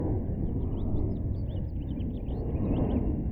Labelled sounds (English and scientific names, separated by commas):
House Finch (Haemorhous mexicanus) song